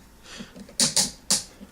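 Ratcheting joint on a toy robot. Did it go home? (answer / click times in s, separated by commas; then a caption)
yes / 0.8 s, 1.0 s, 1.3 s. A plastic ratchet joint on a toy robot is rotated back by three detent clicks while the robot is being reconfigured. Three loud, sharp clicks ring out at 0.8, 1.0 and 1.3 seconds after some faint handling. The joint ratchets back the full three clicks.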